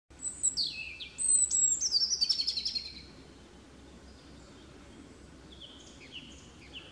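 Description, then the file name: European robin song: thin, high whistled phrases with a fast sputtering trill, bursting out over about three seconds, then quiet with faint high notes later. "Erithacus rubecula"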